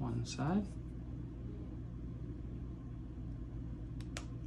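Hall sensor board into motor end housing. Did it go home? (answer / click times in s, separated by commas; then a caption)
yes / 4.0 s, 4.2 s. Someone talks briefly as a replacement Schwintek-style hall sensor circuit board is pressed down onto a DC motor end housing over a steady low hum. Its plastic retainer clicks at 4.0 and 4.2 s, and the board is seated.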